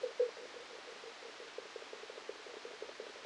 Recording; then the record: brain microelectrode recording played as sound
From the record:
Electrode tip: outside the subthalamic nucleus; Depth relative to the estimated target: -5 mm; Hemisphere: left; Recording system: NeuroSet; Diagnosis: Parkinson's disease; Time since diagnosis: 8 years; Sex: male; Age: 37 years